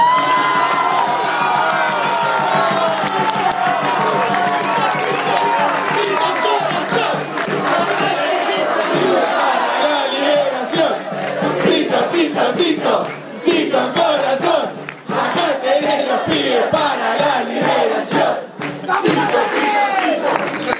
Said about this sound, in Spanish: Un aplauso